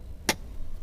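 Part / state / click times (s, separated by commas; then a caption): third-row seat latch into its floor anchor in a minivan / seated / 0.3 s. The folded third-row seat of a 2018 Honda Odyssey EX-V Navi minivan is pulled up by its tab and headrest and pushed back upright until its latch locks into the floor anchor. A single sharp broadband click at 0.3 s stands out over a low rumble, and the seat is latched in place. Someone talks.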